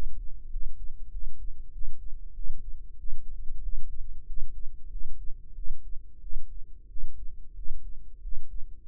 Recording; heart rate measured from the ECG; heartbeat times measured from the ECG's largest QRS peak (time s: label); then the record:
heart sounds by microphone in the left ear; 93 bpm
0.50 s: heartbeat
1.10 s: heartbeat
1.71 s: heartbeat
2.33 s: heartbeat
2.96 s: heartbeat
3.61 s: heartbeat
4.26 s: heartbeat
4.89 s: heartbeat
5.54 s: heartbeat
6.20 s: heartbeat
6.87 s: heartbeat
7.54 s: heartbeat
8.21 s: heartbeat
8.86 s: heartbeat
From the record:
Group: healthy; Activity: rest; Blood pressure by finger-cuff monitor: 113/76 mmHg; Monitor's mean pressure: 87 mmHg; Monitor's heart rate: 94 bpm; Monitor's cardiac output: 7.6 L/min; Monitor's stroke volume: 79 mL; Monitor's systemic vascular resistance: 840 dyn s/cm5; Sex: male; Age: 19 years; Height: 178 cm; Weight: 83 kg